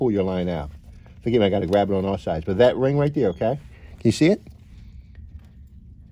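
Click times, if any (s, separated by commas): none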